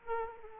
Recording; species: mosquito wingbeat signal from an infrared sensor; Aedes aegypti